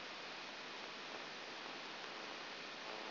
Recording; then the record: brain microelectrode recording played as sound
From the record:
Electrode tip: outside the subthalamic nucleus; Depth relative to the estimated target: -4 mm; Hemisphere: right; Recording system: AlphaMap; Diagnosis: Parkinson's disease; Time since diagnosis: 12 years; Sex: female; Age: 47 years